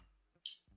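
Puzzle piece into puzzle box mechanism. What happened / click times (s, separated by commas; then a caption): A small piece snapped into place / 0.5 s. A piece of a wooden or plastic puzzle box mechanism, tried in a different orientation, is pushed into the mechanism. A single sharp, bright click sounds at 0.5 s against near silence, with faint soft handling noises before and after. The piece is seated in place.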